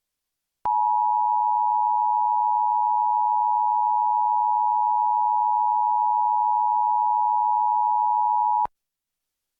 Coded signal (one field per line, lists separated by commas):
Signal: Emergency Alert System (SAME) tones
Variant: 853 and 960 Hz attention tone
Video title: EAS #596: EAS Required Monthly Test- Jan. 7, 2022- 10:15AM PST